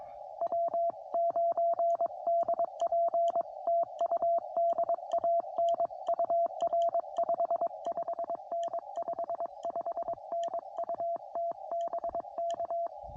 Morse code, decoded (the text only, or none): W9DP TU DAN UR 55N 55N UT BK